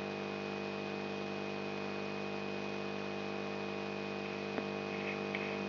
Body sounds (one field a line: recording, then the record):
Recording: brain microelectrode recording played as sound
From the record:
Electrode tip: outside the subthalamic nucleus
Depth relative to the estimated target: 3.5 mm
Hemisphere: right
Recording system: AlphaMap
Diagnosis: Parkinson's disease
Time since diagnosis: 10 years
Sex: male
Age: 56 years